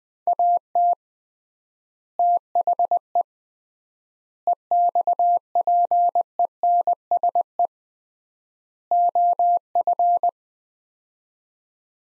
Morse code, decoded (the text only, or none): AT THE EXPENSE OF